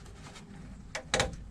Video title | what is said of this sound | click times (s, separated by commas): 4.7L to 5.7L HEMI Engine Swap - 2004 Dodge Ram | Perfect. Do you hear that click? It went right in there. | 1.1 s